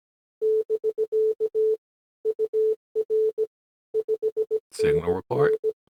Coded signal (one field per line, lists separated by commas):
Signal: Morse code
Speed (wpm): 17 wpm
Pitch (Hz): 440 Hz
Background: speech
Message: <BK> UR 5NN